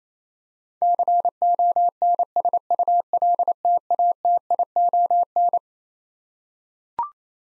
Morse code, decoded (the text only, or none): CONSULTATION